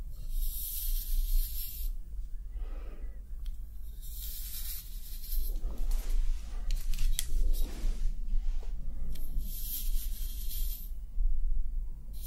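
Hair brushing and scalp massage, with bright hissing sweeps at the start, around four to six seconds, and again near ten seconds. Between them come softer scratchy, rubbing strokes, over a steady low hum that runs throughout.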